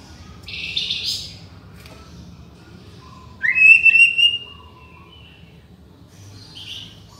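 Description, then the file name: White-rumped shama song, a single clear rising whistled phrase with a few faint softer notes before and after, over low hum. Borneo. "murai batu borneo"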